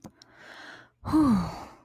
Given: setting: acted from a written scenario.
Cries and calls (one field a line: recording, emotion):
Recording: vocal sound without words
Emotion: relief